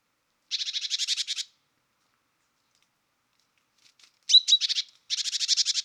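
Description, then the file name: Great tit churr: a dry, buzzy rattle, a pause, then a sharp chip note running straight into two more rapid churring rattles. "Parus major"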